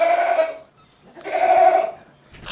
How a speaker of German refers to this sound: Achtung, Nase putzen. Kein Problem.